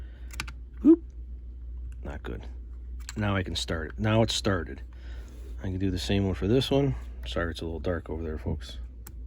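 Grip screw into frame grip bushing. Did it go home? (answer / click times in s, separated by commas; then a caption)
yes / 9.1 s. A second steel grip screw is turned back with a small screwdriver against the frame grip bushing of a 1911 pistol while someone talks. Its threads drop into place with a sharp click at 9.1 s, and the screw is seated, confirming it is not cross-threaded.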